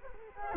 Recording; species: mosquito wingbeat signal from an infrared sensor; Culex quinquefasciatus